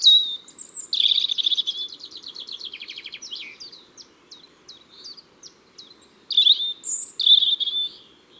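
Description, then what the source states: European robin song: a rapid trilled run followed by a series of thin ticking notes, then clear high whistled warbles. Ardèche, France.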